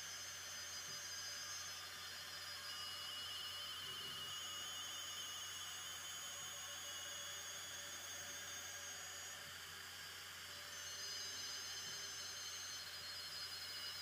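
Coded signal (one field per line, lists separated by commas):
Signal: RTTY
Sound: loud buzzing hiss with steady whines and a faint fast two-tone warble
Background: powerline interference hiss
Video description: This is RFI interference caused by powerline adapters. Captured during worldwide HAM RTTY contest.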